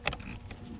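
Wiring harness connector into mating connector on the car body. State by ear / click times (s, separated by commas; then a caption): not seated / none. A plastic wiring harness connector, locking tab fully open, is handled against its mating connector on the body of an A90 Toyota Supra during an E85 flex sensor install. Short plastic ticks and taps occur at about 0.1, 0.1, 0.2, 0.4 and 0.5 seconds over a low background rumble. The connector has not yet seated or clicked home.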